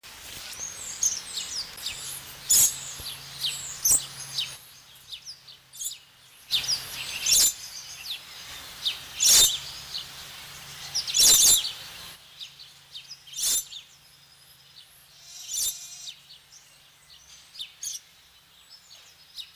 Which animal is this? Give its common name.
Papuan Lorikeet